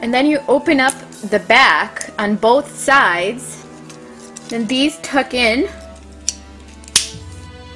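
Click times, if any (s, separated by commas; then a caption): 7.0 s. Someone talks while converting a plastic transforming robot toy from its helicopter form, opening the back on both sides and tucking in the side panels. A part is pushed until the plastic panel snaps into place in the body with a sharp click at 7.0 s, confirming it is seated.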